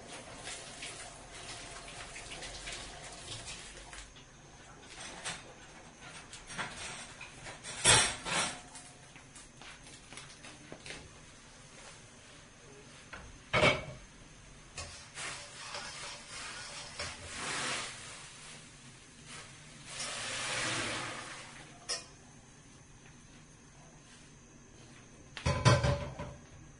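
Dishes being washed, with quiet irregular clinks and scrapes, sharp clatters near 8, 14 and 26 seconds, and a brief rush of water around 21.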